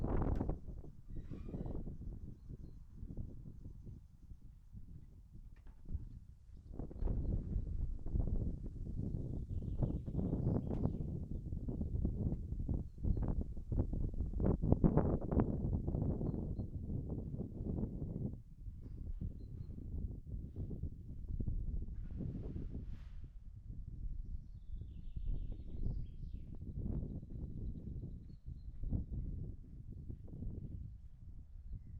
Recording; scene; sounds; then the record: everyday scene through a hearing-aid microphone; wind on the microphone; wind, other noises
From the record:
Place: in front of a rural house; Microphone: behind the ear, right, front